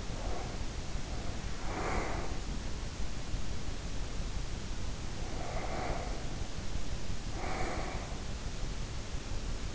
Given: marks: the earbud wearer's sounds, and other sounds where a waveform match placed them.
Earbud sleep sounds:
sounds in sleep by an in-ear microphone; breath
0.00-2.56 s: breath
5.23-8.38 s: breath

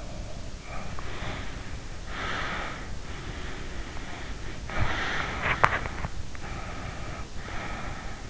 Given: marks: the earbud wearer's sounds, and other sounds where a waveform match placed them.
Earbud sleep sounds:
sounds in sleep by an in-ear microphone; breath, body movement
1.06-2.98 s: breath
3.13-6.03 s: breath
5.47-5.94 s: body movement
6.55-8.30 s: breath

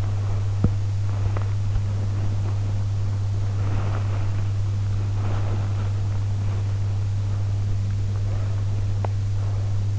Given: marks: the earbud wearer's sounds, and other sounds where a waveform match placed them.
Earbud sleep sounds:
sounds in sleep by an in-ear microphone; body movement
0.00-9.89 s: body movement

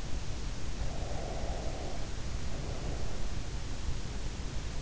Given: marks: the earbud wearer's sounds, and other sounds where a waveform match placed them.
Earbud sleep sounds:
sounds in sleep by an in-ear microphone; breath
0.64-3.43 s: breath

